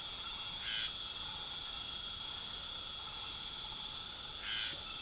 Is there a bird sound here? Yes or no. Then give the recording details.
no. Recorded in secondary vegetation near Puerto Asís, Putumayo, Colombia, on 12 March 2025 at 21:00. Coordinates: 0.489, -76.322. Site G042